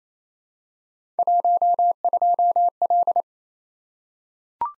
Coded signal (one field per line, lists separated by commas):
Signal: Morse code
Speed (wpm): 28 wpm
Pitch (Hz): 700 Hz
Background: none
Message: 12L